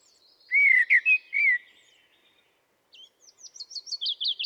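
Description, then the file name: Common blackbird singing a rich warbled phrase of flute-like notes, then a pause and a run of thin, squeaky high notes. "Turdus merula"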